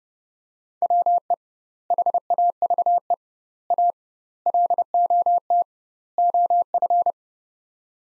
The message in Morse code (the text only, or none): WE HAVE A LOT OF